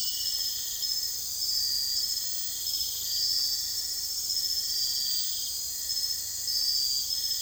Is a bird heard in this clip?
no